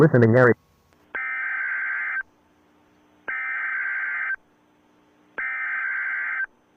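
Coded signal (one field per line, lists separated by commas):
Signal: Emergency Alert System (SAME) tones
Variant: header bursts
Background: speech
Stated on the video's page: Remake, not an original broadcast, of a Tarrant County severe thunderstorm warning.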